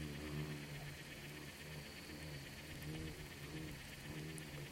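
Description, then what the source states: Insects: soft low buzzing of swarming insects, wavering wingbeat hums rising and falling, with a faint steady high whine and little else. Bugs and beetles swarming in the Namib desert, among the micro-sounds of a desert soundscape that seems quiet at first listen.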